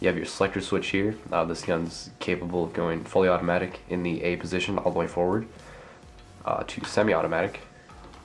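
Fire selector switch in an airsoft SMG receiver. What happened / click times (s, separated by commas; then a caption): The selector has not clicked into place yet; only talk is heard / none. Someone talks while handling the fire selector switch on the receiver of a KWC CO2 blowback Mini Uzi airsoft SMG, moving it between its positions. Speech fills most of the clip, with a quieter stretch near 6 seconds and a brief sharp sound at the very end. The selector has not clicked into a detent yet.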